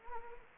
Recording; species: mosquito wingbeat signal from an infrared sensor; Anopheles gambiae